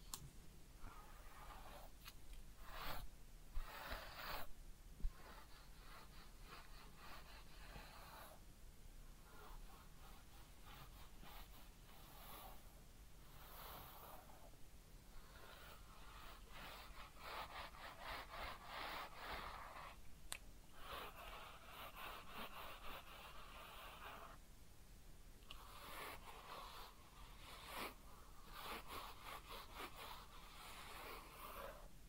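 Head massage and ear cleaning make soft, continuous rubbing and scratching textures, with brief bright swishes and a sharp tap near five seconds.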